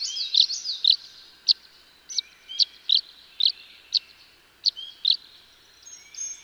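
Tree swallow giving bright chirping calls, short high notes at irregular intervals with occasional liquid gurgling phrases between them.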